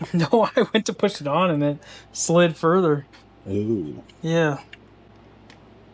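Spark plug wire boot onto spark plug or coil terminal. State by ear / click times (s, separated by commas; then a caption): seated / 5.5 s. A homemade spark plug wire's rubber boot is pushed onto its spark plug or coil terminal while someone talks. A faint, short click at 5.5 s is heard as the metal clip inside snaps over the terminal, and the boot is seated.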